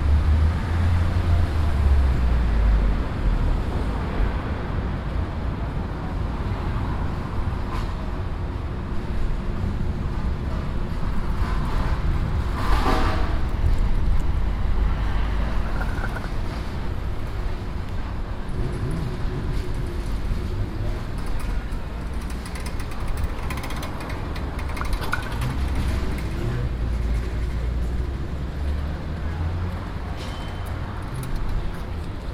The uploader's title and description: Amsterdam Street Sounds. Busy Amsterdam streets. Cyclists, trams, boats and cars.